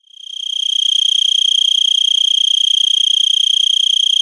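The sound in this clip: Four-spotted tree cricket giving a steady, high-pitched continuous trill of very rapid even pulses, fading in at the start then holding constant.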